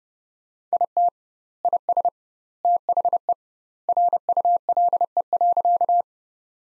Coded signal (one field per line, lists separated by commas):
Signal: Morse code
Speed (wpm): 30 wpm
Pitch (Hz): 700 Hz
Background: none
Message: IT IS THE RULE.